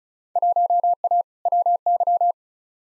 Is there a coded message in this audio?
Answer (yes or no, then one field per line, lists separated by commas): yes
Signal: Morse code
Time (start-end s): 0.4-2.3 s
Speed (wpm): 34 wpm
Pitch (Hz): 700 Hz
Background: none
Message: 1A WY